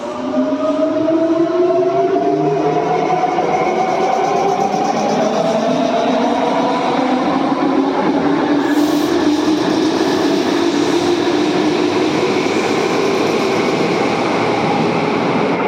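A train departs, its motor whine rising steadily in pitch over dense rumbling wheel noise, loud throughout, with a brief hiss near nine seconds.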